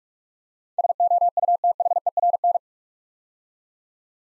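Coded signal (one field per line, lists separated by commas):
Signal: Morse code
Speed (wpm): 44 wpm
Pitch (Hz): 700 Hz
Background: none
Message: SOUTHERN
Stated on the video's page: Morse practice of 8-letter words at 45 wpm, each sent twice.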